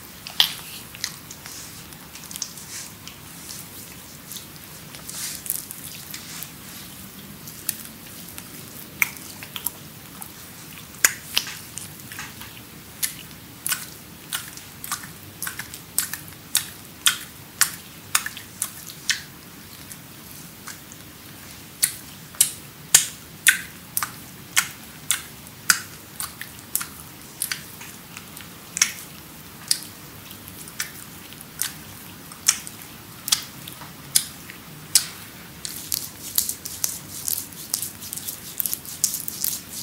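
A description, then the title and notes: A creamy full-body massage made of wet, squishy clicks and smacks. The sharp crackles come steadily but unevenly, several each second, growing denser and brighter toward the end, over a soft low rubbing murmur that continues underneath. ASMR Creamy Full Body Massage by Adel.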